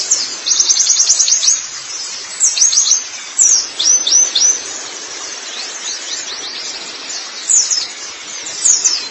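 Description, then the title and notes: White-eye song: fast high trilled phrases and quick chirp runs, separated by short pauses, over a constant hiss. "Kicauan Burung Pleci Durasi Panjang. Suara kicauan burung pleci"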